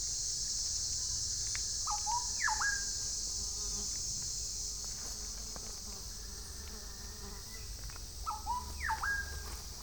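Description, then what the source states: Black-bellied wren duet: two brief bursts of clear whistled notes, swooping and rising-falling phrases, heard near the start and again near the end, over a steady high insect buzz. Duet recorded in Panama on 15 July 2010.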